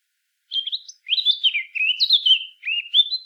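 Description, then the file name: Eurasian blackcap song: a rich, fluting warble of clear whistled phrases sliding up and down, delivered in three phrases with brief breaks in a quiet background. "Sylvia atricapilla"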